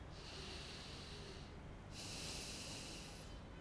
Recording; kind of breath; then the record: one breath in and out by a microphone near the nose and mouth; deep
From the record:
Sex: male